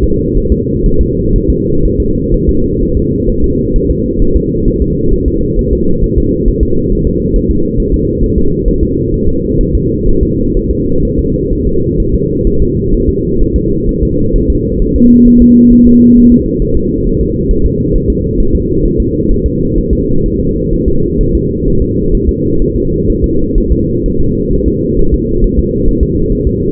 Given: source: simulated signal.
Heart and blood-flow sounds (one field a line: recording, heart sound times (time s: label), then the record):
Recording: fetal heart sounds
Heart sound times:
0.04 s: S2
0.38 s: S1
0.52 s: S2
0.86 s: S1
1.01 s: S2
1.36 s: S1
1.50 s: S2
1.85 s: S1
2.00 s: S2
2.34 s: S1
2.49 s: S2
2.82 s: S1
2.97 s: S2
3.30 s: S1
3.44 s: S2
3.76 s: S1
3.90 s: S2
4.22 s: S1
4.36 s: S2
4.68 s: S1
4.82 s: S2
5.13 s: S1
5.28 s: S2
5.59 s: S1
5.73 s: S2
6.04 s: S1
6.18 s: S2
6.48 s: S1
6.63 s: S2
6.92 s: S1
7.07 s: S2
7.36 s: S1
7.51 s: S2
7.80 s: S1
7.94 s: S2
8.24 s: S1
8.38 s: S2
8.68 s: S1
8.83 s: S2
9.14 s: S1
9.28 s: S2
9.61 s: S1
9.75 s: S2
10.09 s: S1
10.23 s: S2
10.57 s: S1
10.71 s: S2
11.05 s: S1
11.19 s: S2
11.53 s: S1
11.67 s: S2
12.00 s: S1
12.14 s: S2
12.47 s: S1
12.62 s: S2
12.94 s: S1
13.09 s: S2
13.42 s: S1
13.56 s: S2
13.89 s: S1
14.03 s: S2
14.36 s: S1
14.50 s: S2
14.82 s: S1
14.96 s: S2
15.27 s: S1
15.42 s: S2
15.73 s: S1
15.87 s: S2
16.17 s: S1
16.32 s: S2
16.62 s: S1
16.77 s: S2
17.07 s: S1
17.21 s: S2
17.51 s: S1
17.66 s: S2
17.96 s: S1
18.10 s: S2
18.40 s: S1
18.55 s: S2
18.85 s: S1
19.00 s: S2
19.31 s: S1
19.46 s: S2
19.78 s: S1
19.93 s: S2
20.26 s: S1
20.40 s: S2
20.73 s: S1
20.88 s: S2
21.21 s: S1
21.35 s: S2
21.68 s: S1
21.82 s: S2
22.15 s: S1
22.29 s: S2
22.62 s: S1
22.76 s: S2
23.10 s: S1
23.24 s: S2
23.58 s: S1
23.72 s: S2
24.06 s: S1
24.20 s: S2
24.53 s: S1
24.68 s: S2
24.99 s: S1
25.14 s: S2
25.44 s: S1
25.59 s: S2
25.88 s: S1
26.03 s: S2
26.32 s: S1
26.47 s: S2
From the record:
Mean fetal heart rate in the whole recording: 130 bpm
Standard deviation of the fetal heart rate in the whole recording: 4 bpm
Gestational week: 38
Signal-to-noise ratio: -16.4 dB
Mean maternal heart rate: 72 bpm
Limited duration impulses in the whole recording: present